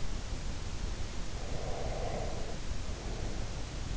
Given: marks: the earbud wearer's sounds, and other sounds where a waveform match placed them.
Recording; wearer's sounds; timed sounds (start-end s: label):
sounds in sleep by an in-ear microphone; breath
1.42-3.57 s: breath